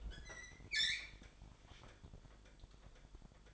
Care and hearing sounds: daily activity, microphone in the room; open fridge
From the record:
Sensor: 5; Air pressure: 1007.9 hPa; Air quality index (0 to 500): 93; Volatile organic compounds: 1 ppm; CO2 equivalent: 733 ppm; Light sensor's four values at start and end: 43/99/42/44 and 45/102/43/45

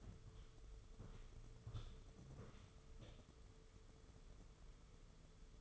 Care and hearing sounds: daily activity, microphone in the room; walk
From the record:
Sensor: 4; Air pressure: 995.2 hPa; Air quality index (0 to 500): 204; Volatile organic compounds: 173 ppm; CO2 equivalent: 4117 ppm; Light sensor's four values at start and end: 12/29/11/13 and 11/28/11/12

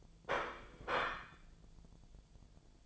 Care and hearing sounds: daily activity, microphone in the room; place plate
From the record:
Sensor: 5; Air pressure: 1009.5 hPa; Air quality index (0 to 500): 169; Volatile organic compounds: 4 ppm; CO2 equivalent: 1638 ppm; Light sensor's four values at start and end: 98/260/106/112 and 98/259/106/112

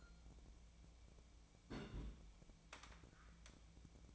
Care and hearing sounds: daily activity, microphone in the room; place on stove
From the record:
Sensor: 1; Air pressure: 1000.0 hPa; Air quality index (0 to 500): 134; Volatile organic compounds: 2 ppm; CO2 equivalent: 1268 ppm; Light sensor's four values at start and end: 44/111/47/58 and 44/111/47/59

